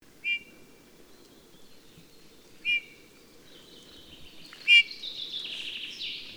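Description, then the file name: Eurasian bullfinch giving three soft, short piping calls about two seconds apart. "Pyrrhula pyrrhula"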